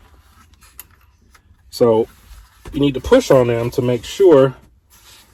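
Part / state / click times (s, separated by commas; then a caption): carbon fiber trim panel clips into car dashboard / seated / 0.8 s. A carbon fiber dashboard trim panel is pressed into a car dashboard, and a sharp click at 0.8 s marks its clips locking into the dash. A few faint taps follow before someone talks. The panel is seated and locked in place.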